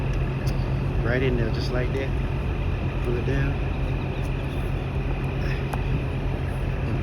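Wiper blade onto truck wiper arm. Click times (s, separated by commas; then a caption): 5.7 s. A driver-side wiper blade is slid onto the hook of a Freightliner Cascadia truck's wiper arm, pulled down and pushed until it snaps into place. Someone talks over a steady low hum, and a short, sharp snap at 5.7 s marks the blade seating on the arm.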